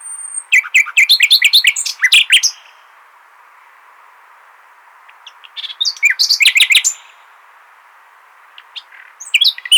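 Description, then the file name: Common nightingale singing rich, rapid phrases of sharp repeated notes and trills, separated by silent pauses of a few seconds. "Luscinia megarhynchos"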